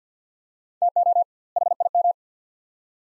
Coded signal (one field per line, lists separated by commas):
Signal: Morse code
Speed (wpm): 50 wpm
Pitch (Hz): 700 Hz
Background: none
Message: TO HIM